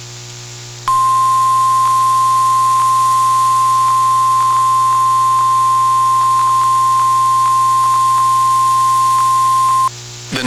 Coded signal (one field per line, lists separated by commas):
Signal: Emergency Alert System (SAME) tones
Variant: 1050 Hz attention tone